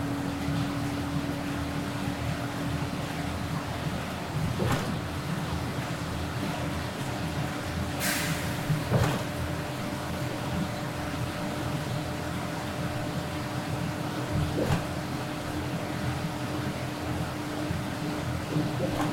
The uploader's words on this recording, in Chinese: 雨天的出城公交。